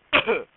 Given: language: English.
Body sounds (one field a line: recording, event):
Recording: throat vibration sensor signal played as sound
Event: cough